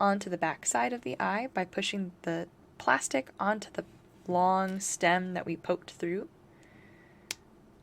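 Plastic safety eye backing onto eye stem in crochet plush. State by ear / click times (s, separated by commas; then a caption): seated / 7.3 s. A plastic washer back is pushed onto the long plastic stem of a safety eye poked through a crocheted amigurumi avocado while someone talks. After the talking stops, a sharp click at 7.3 s shows the back has snapped onto the stem and the eye is seated.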